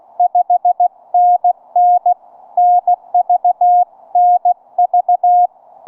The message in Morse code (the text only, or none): 5NN NV NV